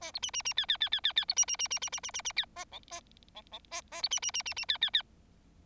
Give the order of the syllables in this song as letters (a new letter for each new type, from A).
A B C C C D D D D D D B C C C C C C C C C D A E A E E A A B C C C C C D D D